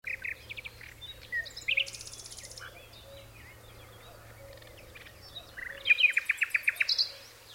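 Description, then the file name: Common nightingale song: varied scratchy and buzzy notes with a high trill, then a loud phrase of rapidly repeated clear notes. "Luscinia megarhynchos"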